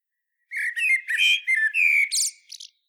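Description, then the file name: Common blackbird song phrase: a string of mellow whistled notes followed by a thin high squeak. "Turdus merula"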